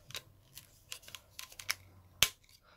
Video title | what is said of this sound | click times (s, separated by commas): Classics Megatron | clicks into place like so take | 2.2 s